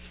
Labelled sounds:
Yellow-rumped Warbler (Setophaga coronata) flight call

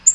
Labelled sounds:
Black-throated Green Warbler (Setophaga virens) flight call

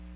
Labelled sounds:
Magnolia Warbler (Setophaga magnolia) flight call

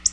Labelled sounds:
Black-throated Blue Warbler (Setophaga caerulescens) flight call

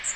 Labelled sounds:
Magnolia Warbler (Setophaga magnolia) flight call

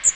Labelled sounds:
Magnolia Warbler (Setophaga magnolia) flight call

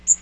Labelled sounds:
Magnolia Warbler (Setophaga magnolia) flight call

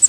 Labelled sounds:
Pine Warbler (Setophaga pinus) flight call

